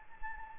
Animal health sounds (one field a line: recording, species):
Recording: mosquito wingbeat signal from an infrared sensor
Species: Anopheles gambiae